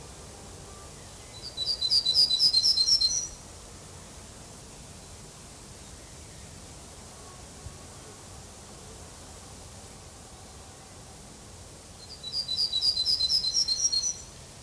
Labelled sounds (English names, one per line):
Yellowhammer song